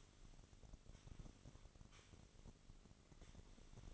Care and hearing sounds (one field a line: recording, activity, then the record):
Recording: daily activity, microphone in the room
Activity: sweep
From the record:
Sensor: 4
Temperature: 27.1 degrees Celsius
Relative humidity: 35.2%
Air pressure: 1003.9 hPa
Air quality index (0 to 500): 149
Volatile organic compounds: 2 ppm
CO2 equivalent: 1064 ppm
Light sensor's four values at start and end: 16/39/16/17 and 16/39/16/17